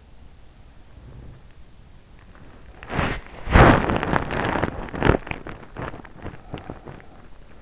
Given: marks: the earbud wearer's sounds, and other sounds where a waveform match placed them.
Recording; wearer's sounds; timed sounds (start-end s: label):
sounds in sleep by an in-ear microphone; body movement
2.68-7.62 s: body movement